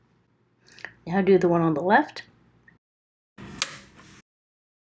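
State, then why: Seated. Someone talks while the metal printhead shaft of a UM3/UM3X 3D printer is pressed into the plastic sliding block on the left side. The shaft seats with a sharp click at 3.6 s, followed by a brief rustle.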